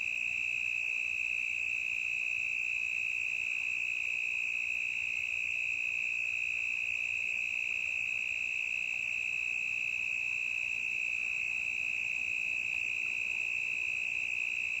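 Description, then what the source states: Cricket sustaining a loud, even, high-pitched trill with no pauses across the whole stretch. Intense cricket chirping in a forest, stereo recording.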